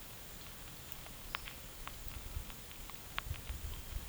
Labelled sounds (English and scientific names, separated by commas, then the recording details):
none
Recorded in pastures near Puerto Asís, Putumayo, Colombia, on 26 December 2024 at 10:30
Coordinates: 0.472, -76.329
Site G072